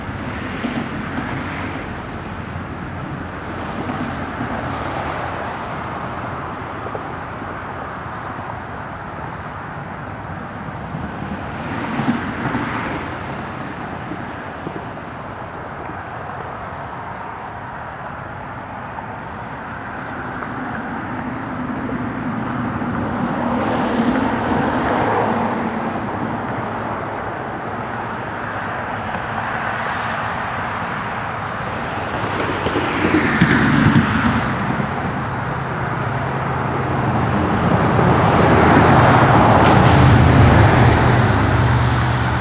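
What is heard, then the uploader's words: Traffic hisses along a wet expressway in a steady wash, individual vehicles swelling past every few seconds, the loudest and closest near the end. The Calming Noise of the Wet Expressway.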